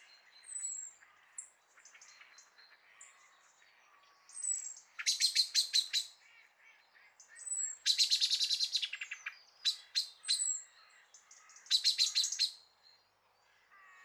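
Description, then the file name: Common blackbird calls: bursts of rapid, dry clicking notes in rattling series, separated by thin high notes and soft chirps. "Turdus merula"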